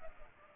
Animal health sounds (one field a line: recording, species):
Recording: mosquito wingbeat signal from an infrared sensor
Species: Culex pipiens